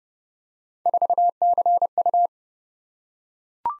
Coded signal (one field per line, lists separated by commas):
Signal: Morse code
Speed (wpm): 30 wpm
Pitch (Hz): 700 Hz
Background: none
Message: 4CU